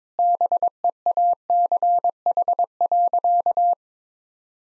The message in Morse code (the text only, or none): BEACH.